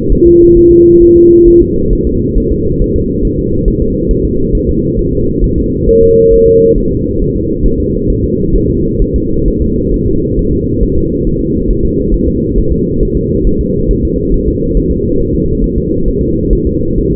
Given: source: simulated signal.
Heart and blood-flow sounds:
fetal heart sounds
0.12 s: S1
0.27 s: S2
0.57 s: S1
0.71 s: S2
1.02 s: S1
1.16 s: S2
1.48 s: S1
1.62 s: S2
1.93 s: S1
2.07 s: S2
2.38 s: S1
2.52 s: S2
2.81 s: S1
2.96 s: S2
3.25 s: S1
3.39 s: S2
3.68 s: S1
3.82 s: S2
4.11 s: S1
4.25 s: S2
4.55 s: S1
4.69 s: S2
4.99 s: S1
5.13 s: S2
5.44 s: S1
5.58 s: S2
5.89 s: S1
6.03 s: S2
6.33 s: S1
6.48 s: S2
6.78 s: S1
6.92 s: S2
7.22 s: S1
7.36 s: S2
7.66 s: S1
7.80 s: S2
8.10 s: S1
8.24 s: S2
8.56 s: S1
8.70 s: S2
9.02 s: S1
9.16 s: S2
9.48 s: S1
9.62 s: S2
9.94 s: S1
10.08 s: S2
10.39 s: S1
10.53 s: S2
10.83 s: S1
10.97 s: S2
11.27 s: S1
11.41 s: S2
11.70 s: S1
11.85 s: S2
12.14 s: S1
12.28 s: S2
12.58 s: S1
12.72 s: S2
13.03 s: S1
13.17 s: S2
13.47 s: S1
13.61 s: S2
13.91 s: S1
14.05 s: S2
14.34 s: S1
14.48 s: S2
14.77 s: S1
14.91 s: S2
15.20 s: S1
15.35 s: S2
15.64 s: S1
15.78 s: S2
16.08 s: S1
16.22 s: S2
16.53 s: S1
16.67 s: S2
16.98 s: S1
17.12 s: S2
From the record:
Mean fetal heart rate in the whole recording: 135 bpm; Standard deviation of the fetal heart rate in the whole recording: 3 bpm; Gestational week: 36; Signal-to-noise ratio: -15.3 dB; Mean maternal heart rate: 72 bpm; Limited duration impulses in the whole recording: present

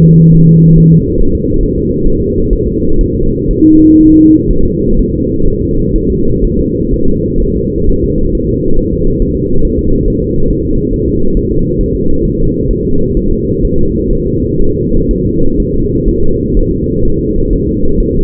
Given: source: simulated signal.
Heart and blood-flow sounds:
fetal heart sounds
0.04 s: S2
0.34 s: S1
0.49 s: S2
0.78 s: S1
0.92 s: S2
1.20 s: S1
1.35 s: S2
1.63 s: S1
1.78 s: S2
2.07 s: S1
2.21 s: S2
2.53 s: S1
2.67 s: S2
3.01 s: S1
3.15 s: S2
3.51 s: S1
3.65 s: S2
4.01 s: S1
4.15 s: S2
4.51 s: S1
4.65 s: S2
4.99 s: S1
5.14 s: S2
5.47 s: S1
5.62 s: S2
5.96 s: S1
6.10 s: S2
6.44 s: S1
6.59 s: S2
6.93 s: S1
7.08 s: S2
7.42 s: S1
7.56 s: S2
7.89 s: S1
8.04 s: S2
8.35 s: S1
8.49 s: S2
8.79 s: S1
8.93 s: S2
9.22 s: S1
9.36 s: S2
9.65 s: S1
9.79 s: S2
10.07 s: S1
10.22 s: S2
10.50 s: S1
10.65 s: S2
10.94 s: S1
11.08 s: S2
11.37 s: S1
11.51 s: S2
11.81 s: S1
11.95 s: S2
12.25 s: S1
12.39 s: S2
12.71 s: S1
12.85 s: S2
13.17 s: S1
13.31 s: S2
13.65 s: S1
13.79 s: S2
14.13 s: S1
14.27 s: S2
14.62 s: S1
14.76 s: S2
15.11 s: S1
15.25 s: S2
15.60 s: S1
15.74 s: S2
16.08 s: S1
16.23 s: S2
16.57 s: S1
16.71 s: S2
17.05 s: S1
17.19 s: S2
17.53 s: S1
17.67 s: S2
18.00 s: S1
18.15 s: S2
From the record:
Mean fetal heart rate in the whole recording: 130 bpm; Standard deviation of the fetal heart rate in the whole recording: 4 bpm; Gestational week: 38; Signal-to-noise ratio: -17.7 dB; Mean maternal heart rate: 72 bpm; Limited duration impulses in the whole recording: present

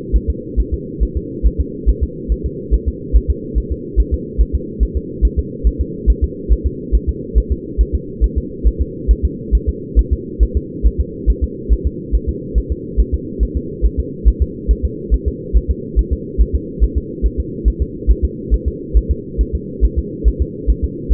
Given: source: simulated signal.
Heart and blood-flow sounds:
fetal heart sounds
0.16 s: S1
0.30 s: S2
0.60 s: S1
0.74 s: S2
1.03 s: S1
1.17 s: S2
1.46 s: S1
1.60 s: S2
1.89 s: S1
2.03 s: S2
2.32 s: S1
2.46 s: S2
2.74 s: S1
2.88 s: S2
3.16 s: S1
3.30 s: S2
3.58 s: S1
3.72 s: S2
4.00 s: S1
4.14 s: S2
4.41 s: S1
4.55 s: S2
4.83 s: S1
4.97 s: S2
5.25 s: S1
5.39 s: S2
5.67 s: S1
5.81 s: S2
6.10 s: S1
6.24 s: S2
6.52 s: S1
6.66 s: S2
6.95 s: S1
7.09 s: S2
7.38 s: S1
7.52 s: S2
7.81 s: S1
7.95 s: S2
8.24 s: S1
8.38 s: S2
8.67 s: S1
8.81 s: S2
9.11 s: S1
9.25 s: S2
9.55 s: S1
9.69 s: S2
9.99 s: S1
10.13 s: S2
10.43 s: S1
10.57 s: S2
10.86 s: S1
11.00 s: S2
11.30 s: S1
11.44 s: S2
11.73 s: S1
11.87 s: S2
12.15 s: S1
12.29 s: S2
12.58 s: S1
12.72 s: S2
13.00 s: S1
13.14 s: S2
13.43 s: S1
13.57 s: S2
13.85 s: S1
13.99 s: S2
14.28 s: S1
14.42 s: S2
14.71 s: S1
14.85 s: S2
15.14 s: S1
15.28 s: S2
15.56 s: S1
15.70 s: S2
15.99 s: S1
16.13 s: S2
16.41 s: S1
16.55 s: S2
16.83 s: S1
16.97 s: S2
17.26 s: S1
17.40 s: S2
17.68 s: S1
17.82 s: S2
18.11 s: S1
18.25 s: S2
18.54 s: S1
18.68 s: S2
18.97 s: S1
19.11 s: S2
19.41 s: S1
19.55 s: S2
19.84 s: S1
19.98 s: S2
20.28 s: S1
20.42 s: S2
20.70 s: S1
20.84 s: S2
21.13 s: S1
From the record:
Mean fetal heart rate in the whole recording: 140 bpm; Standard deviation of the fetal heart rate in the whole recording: 2 bpm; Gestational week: 34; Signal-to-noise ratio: -4.1 dB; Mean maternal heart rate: no maternal heart sound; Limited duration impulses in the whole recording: absent

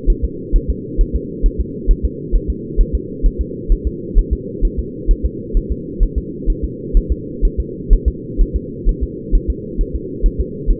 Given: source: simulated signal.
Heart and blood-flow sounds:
fetal heart sounds
0.10 s: S1
0.25 s: S2
0.56 s: S1
0.70 s: S2
1.01 s: S1
1.16 s: S2
1.46 s: S1
1.60 s: S2
1.91 s: S1
2.05 s: S2
2.35 s: S1
2.50 s: S2
2.81 s: S1
2.95 s: S2
3.26 s: S1
3.41 s: S2
3.72 s: S1
3.87 s: S2
4.19 s: S1
4.33 s: S2
4.65 s: S1
4.79 s: S2
5.11 s: S1
5.25 s: S2
5.57 s: S1
5.72 s: S2
6.03 s: S1
6.18 s: S2
6.50 s: S1
6.64 s: S2
6.97 s: S1
7.12 s: S2
7.45 s: S1
7.60 s: S2
7.93 s: S1
8.08 s: S2
8.41 s: S1
8.56 s: S2
8.89 s: S1
9.03 s: S2
9.35 s: S1
9.50 s: S2
9.81 s: S1
9.96 s: S2
10.26 s: S1
10.40 s: S2
10.71 s: S1
From the record:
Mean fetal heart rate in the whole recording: 130 bpm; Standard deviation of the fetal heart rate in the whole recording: 4 bpm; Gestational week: 38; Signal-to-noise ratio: -4.1 dB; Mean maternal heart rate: no maternal heart sound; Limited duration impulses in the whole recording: absent

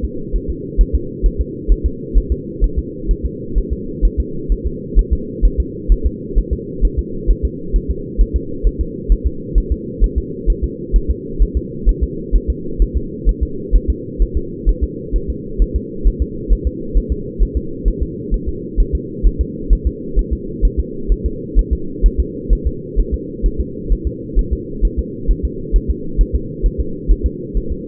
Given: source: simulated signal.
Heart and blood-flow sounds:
fetal heart sounds
0.05 s: S2
0.36 s: S1
0.50 s: S2
0.81 s: S1
0.95 s: S2
1.26 s: S1
1.41 s: S2
1.72 s: S1
1.86 s: S2
2.18 s: S1
2.32 s: S2
2.64 s: S1
2.79 s: S2
3.11 s: S1
3.26 s: S2
3.58 s: S1
3.73 s: S2
4.05 s: S1
4.20 s: S2
4.52 s: S1
4.67 s: S2
4.99 s: S1
5.13 s: S2
5.45 s: S1
5.60 s: S2
5.92 s: S1
6.06 s: S2
6.39 s: S1
6.53 s: S2
6.85 s: S1
6.99 s: S2
7.31 s: S1
7.45 s: S2
7.76 s: S1
7.91 s: S2
8.21 s: S1
8.36 s: S2
8.67 s: S1
8.81 s: S2
9.12 s: S1
9.27 s: S2
9.58 s: S1
9.72 s: S2
10.04 s: S1
10.18 s: S2
10.50 s: S1
10.64 s: S2
10.96 s: S1
11.11 s: S2
11.43 s: S1
11.57 s: S2
11.89 s: S1
12.03 s: S2
12.36 s: S1
12.50 s: S2
12.82 s: S1
12.97 s: S2
13.29 s: S1
13.43 s: S2
13.76 s: S1
13.90 s: S2
14.22 s: S1
14.37 s: S2
14.69 s: S1
14.84 s: S2
15.16 s: S1
15.30 s: S2
15.62 s: S1
15.76 s: S2
16.07 s: S1
16.22 s: S2
16.53 s: S1
16.67 s: S2
16.97 s: S1
17.12 s: S2
17.43 s: S1
17.57 s: S2
17.88 s: S1
18.03 s: S2
18.34 s: S1
18.49 s: S2
18.80 s: S1
18.95 s: S2
19.27 s: S1
19.41 s: S2
19.73 s: S1
19.87 s: S2
20.19 s: S1
20.33 s: S2
20.65 s: S1
20.80 s: S2
21.12 s: S1
21.26 s: S2
21.59 s: S1
21.73 s: S2
22.06 s: S1
22.20 s: S2
22.53 s: S1
22.67 s: S2
23.00 s: S1
23.14 s: S2
23.46 s: S1
23.61 s: S2
23.92 s: S1
24.07 s: S2
24.39 s: S1
24.53 s: S2
24.85 s: S1
24.99 s: S2
25.31 s: S1
25.45 s: S2
25.76 s: S1
25.90 s: S2
26.21 s: S1
26.35 s: S2
26.66 s: S1
26.81 s: S2
27.11 s: S1
27.26 s: S2
27.57 s: S1
27.72 s: S2
From the record:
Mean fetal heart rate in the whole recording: 130 bpm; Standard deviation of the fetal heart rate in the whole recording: 2 bpm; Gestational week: 36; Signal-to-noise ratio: -4.3 dB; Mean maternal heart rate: 72 bpm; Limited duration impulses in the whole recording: absent

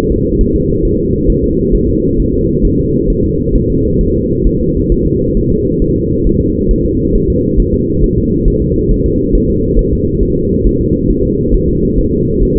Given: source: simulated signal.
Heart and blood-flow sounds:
fetal heart sounds
0.12 s: S2
0.41 s: S1
0.55 s: S2
0.85 s: S1
1.00 s: S2
1.30 s: S1
1.44 s: S2
1.75 s: S1
1.89 s: S2
2.20 s: S1
2.34 s: S2
2.65 s: S1
2.79 s: S2
3.10 s: S1
3.25 s: S2
3.56 s: S1
3.70 s: S2
4.01 s: S1
4.16 s: S2
4.47 s: S1
4.61 s: S2
4.92 s: S1
5.06 s: S2
5.37 s: S1
5.52 s: S2
5.82 s: S1
5.96 s: S2
6.27 s: S1
6.41 s: S2
6.71 s: S1
6.85 s: S2
7.15 s: S1
7.30 s: S2
7.60 s: S1
7.74 s: S2
8.04 s: S1
8.18 s: S2
8.48 s: S1
8.62 s: S2
8.91 s: S1
9.06 s: S2
9.35 s: S1
9.50 s: S2
9.79 s: S1
9.93 s: S2
10.23 s: S1
10.37 s: S2
10.66 s: S1
10.81 s: S2
11.10 s: S1
11.25 s: S2
11.54 s: S1
11.69 s: S2
11.98 s: S1
12.13 s: S2
12.43 s: S1
12.57 s: S2
From the record:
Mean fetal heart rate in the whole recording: 135 bpm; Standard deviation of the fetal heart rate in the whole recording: 3 bpm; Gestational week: 36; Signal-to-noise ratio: -14.7 dB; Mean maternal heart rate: 72 bpm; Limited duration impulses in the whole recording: present

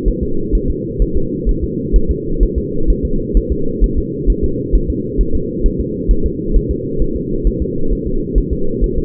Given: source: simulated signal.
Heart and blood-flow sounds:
fetal heart sounds
0.08 s: S1
0.23 s: S2
0.55 s: S1
0.70 s: S2
1.02 s: S1
1.17 s: S2
1.49 s: S1
1.64 s: S2
1.96 s: S1
2.11 s: S2
2.43 s: S1
2.58 s: S2
2.90 s: S1
3.05 s: S2
3.37 s: S1
3.52 s: S2
3.84 s: S1
3.98 s: S2
4.30 s: S1
4.44 s: S2
4.75 s: S1
4.90 s: S2
5.21 s: S1
5.35 s: S2
5.66 s: S1
5.81 s: S2
6.11 s: S1
6.26 s: S2
6.56 s: S1
6.71 s: S2
7.02 s: S1
7.17 s: S2
7.47 s: S1
7.62 s: S2
7.93 s: S1
8.07 s: S2
8.38 s: S1
8.53 s: S2
8.84 s: S1
8.98 s: S2
From the record:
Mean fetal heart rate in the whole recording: 130 bpm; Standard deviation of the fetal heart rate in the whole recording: 2 bpm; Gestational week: 36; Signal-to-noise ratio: -8.1 dB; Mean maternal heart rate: 72 bpm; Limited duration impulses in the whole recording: absent

